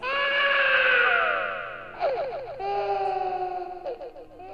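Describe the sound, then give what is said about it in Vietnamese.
Eerie, ghostly wailing cries of a big-headed ghost spirit rise and fall in long, sliding tones, followed by a few shorter quavering sobs, loud and shrill with a lingering echo and no speech. “nó cất lên những tiếng khóc ghê rợn.”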